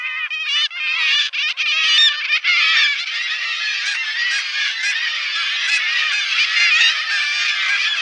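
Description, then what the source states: Black-legged kittiwakes giving harsh, nasal, repeated calls, a continuous crowded chorus of many birds with no other sounds clear. Call described as wild, to go with their wild, deep-ocean nature; the birds say their own name in three distinct syllables.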